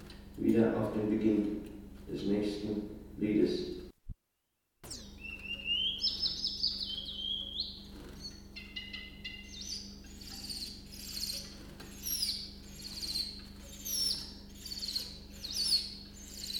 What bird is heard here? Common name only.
Willow Warbler